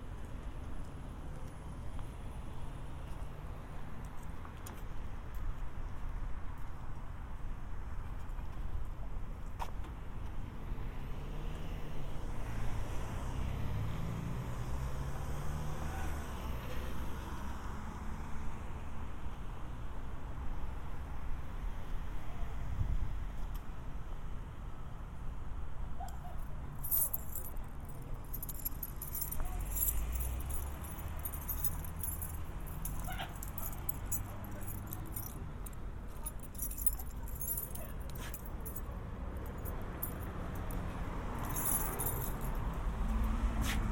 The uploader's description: A binaural recording of a walk from the San Diego County Admin Building to my apartment in Golden Hill